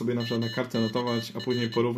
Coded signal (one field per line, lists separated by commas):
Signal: Morse code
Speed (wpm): 22 wpm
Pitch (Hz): 2950 Hz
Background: speech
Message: MKR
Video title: Co to właściwie jest Morserino i skąd ta popularność? To pomoże Ci nauczyć się CW Morse'a!